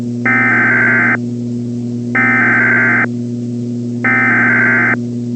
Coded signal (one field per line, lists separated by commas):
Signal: Emergency Alert System (SAME) tones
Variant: header bursts